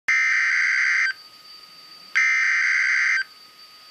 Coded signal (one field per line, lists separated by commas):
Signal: Emergency Alert System (SAME) tones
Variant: header bursts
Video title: NWR Severe Thunderstorm Warning (EAS #27)